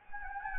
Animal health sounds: mosquito wingbeat signal from an infrared sensor; Anopheles gambiae

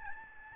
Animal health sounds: mosquito wingbeat signal from an infrared sensor; Aedes albopictus

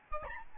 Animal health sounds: mosquito wingbeat signal from an infrared sensor; Aedes albopictus

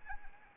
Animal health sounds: mosquito wingbeat signal from an infrared sensor; Anopheles arabiensis

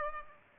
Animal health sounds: mosquito wingbeat signal from an infrared sensor; Aedes aegypti

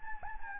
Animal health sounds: mosquito wingbeat signal from an infrared sensor; Anopheles gambiae

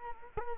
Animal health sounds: mosquito wingbeat signal from an infrared sensor; Culex quinquefasciatus

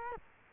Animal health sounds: mosquito wingbeat signal from an infrared sensor; Culex quinquefasciatus

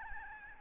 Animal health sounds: mosquito wingbeat signal from an infrared sensor; Aedes albopictus

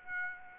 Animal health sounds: mosquito wingbeat signal from an infrared sensor; Aedes aegypti

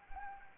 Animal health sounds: mosquito wingbeat signal from an infrared sensor; Anopheles arabiensis

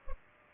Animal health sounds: mosquito wingbeat signal from an infrared sensor; Culex pipiens

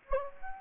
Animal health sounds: mosquito wingbeat signal from an infrared sensor; Anopheles gambiae

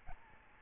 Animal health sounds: mosquito wingbeat signal from an infrared sensor; Aedes albopictus

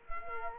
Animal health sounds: mosquito wingbeat signal from an infrared sensor; Culex quinquefasciatus

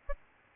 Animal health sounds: mosquito wingbeat signal from an infrared sensor; Aedes albopictus

